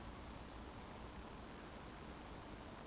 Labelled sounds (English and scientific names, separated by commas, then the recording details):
Eurasian Woodcock (Scolopax rusticola) whistle
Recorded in Baden-Württemberg, Germany, on 23 June 2020 at 20:39 UTC
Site 14569, 102 m above sea level